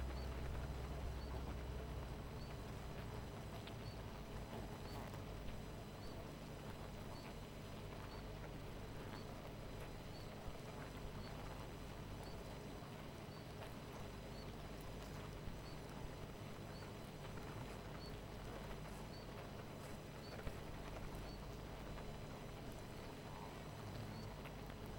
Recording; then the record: honeybee colony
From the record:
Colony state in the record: missing queen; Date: 14 July 2017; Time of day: 18:50